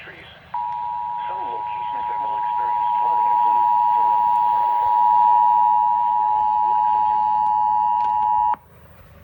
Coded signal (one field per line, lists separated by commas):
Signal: Emergency Alert System (SAME) tones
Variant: 853 and 960 Hz attention tone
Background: speech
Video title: ANOTHER FLASH FLOOD WARNING FROM IAN... | Hurricane/Tropical (Storm) Cyclone Ian EAS Alert